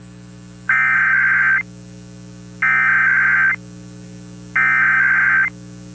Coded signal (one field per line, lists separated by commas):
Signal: Emergency Alert System (SAME) tones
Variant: header bursts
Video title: 2 Monthlies And A Weekly Test (EAS #16233-16235) 2/20/24